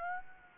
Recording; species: mosquito wingbeat signal from an infrared sensor; Aedes aegypti